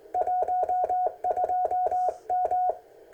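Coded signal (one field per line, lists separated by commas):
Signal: Morse code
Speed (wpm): 20 wpm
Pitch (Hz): 730 Hz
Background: none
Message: 12M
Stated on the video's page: CW QRP contacts on 40 meters from a Ten Tec kit radio at 3 W into a 42-meter Windom antenna.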